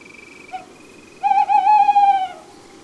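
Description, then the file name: Tawny owl: a brief note, then a long, loud, wavering hoot lasting about a second, with a faint high trill at the start. Several owls recorded at Chanéac, Ardèche. "Chouettes-hulottes-Chaneac-Ambiances-Sonores-d Ardeche-Studio-Les-Trois-Becs"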